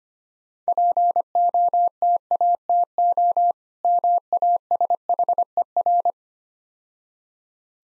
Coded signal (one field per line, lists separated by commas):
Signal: Morse code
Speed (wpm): 26 wpm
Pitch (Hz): 700 Hz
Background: none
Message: POTATO MASHER